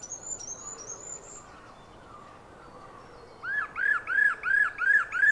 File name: Turdus merula